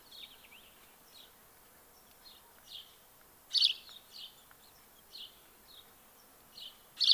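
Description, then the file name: House sparrow making a loose series of brief, high chirps, several soft and a couple loud and scratchy, against quiet hiss. "Passer domesticus"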